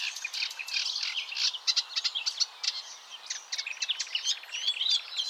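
Warbler song, rapid high twittering with quick clicking notes and a brief buzzy trill near the end.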